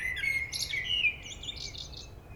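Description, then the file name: Common blackbird song, softer here: level fluted whistles followed by a string of faint high twittering notes. "Turdus merula"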